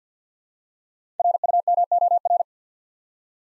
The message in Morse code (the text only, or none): RUMOR